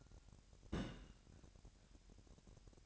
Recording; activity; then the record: daily activity, microphone in the room; place on stove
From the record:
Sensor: 2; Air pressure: 1011.9 hPa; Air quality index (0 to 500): 197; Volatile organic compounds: 3 ppm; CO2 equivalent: 1398 ppm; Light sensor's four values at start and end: 75/178/74/72 and 75/178/74/72